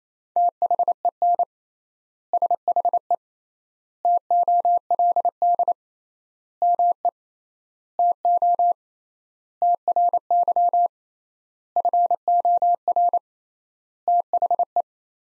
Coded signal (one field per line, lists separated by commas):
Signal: Morse code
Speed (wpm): 28 wpm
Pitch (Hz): 700 Hz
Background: none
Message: THEN SHE TOLD ME TO TRY FOR THE